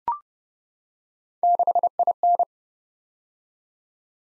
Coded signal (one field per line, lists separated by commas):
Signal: Morse code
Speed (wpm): 30 wpm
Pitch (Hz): 700 Hz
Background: none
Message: 6IN